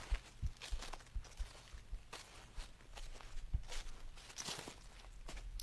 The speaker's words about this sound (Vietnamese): Bước ra khỏi tán dây leo, bỗng nghe có tiếng sột soạt từ phía sau, tựa như có cái gì đi theo mình. Tiếng bước chân vô cùng nhỏ, lại nhịp bước thận trọng, lão biết ngay đây là kẻ không tầm thường.